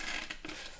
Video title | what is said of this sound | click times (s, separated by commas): How To Fit A Toner To A Brother Laser Printer | and then it clicks into place like this. | 0.3 s, 0.4 s